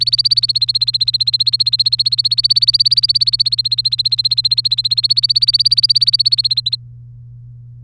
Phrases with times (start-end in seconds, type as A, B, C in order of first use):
0.00-6.75 A